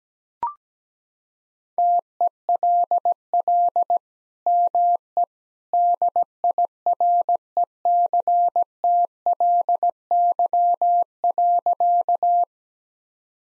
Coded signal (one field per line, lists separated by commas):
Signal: Morse code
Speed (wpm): 17 wpm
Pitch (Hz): 700 Hz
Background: none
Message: TELL ME DIRECTLY.